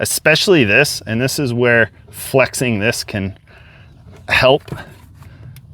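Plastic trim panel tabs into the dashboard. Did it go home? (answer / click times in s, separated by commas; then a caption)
yes / 5.6 s. Someone talks while a plastic trim panel on a 3rd-generation 2021–2025 Nissan Rogue (T33) is flexed so its small tabs tuck in behind the dashboard during a cabin air filter replacement. After the talking stops, a few faint taps sound, and a short sharp click at 5.6 s marks the plastic tab popping into place, leaving the panel seated.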